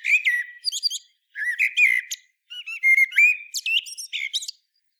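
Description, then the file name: Common blackbird giving a series of warbled phrases separated by brief pauses, each mixing fluty middle notes with thin, squeaky high twitters. "Turdus merula"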